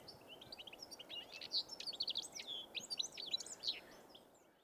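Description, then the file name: European goldfinch twittering: a quick run of bright, liquid notes over a steady low hiss. "Carduelis carduelis"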